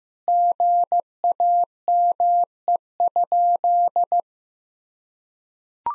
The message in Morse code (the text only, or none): GAME?